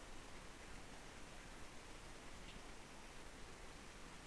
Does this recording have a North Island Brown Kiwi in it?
no